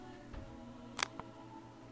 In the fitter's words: also that clip should just want to snap right in there but it can be a little tricky so I'm going to use a small screwdriver to kind of push around it as I'm pushing down okay